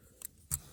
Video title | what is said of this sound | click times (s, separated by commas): Lighting up the Champ! Adding Deck and Compartment LIGHTING | There we go, you hear it pops on. | 0.5 s